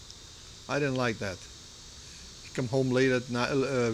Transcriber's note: exterior cicada noises